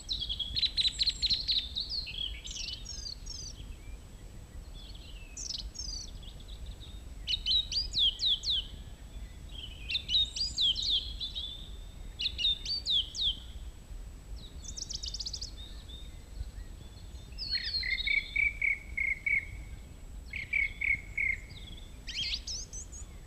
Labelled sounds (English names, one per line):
Song Thrush song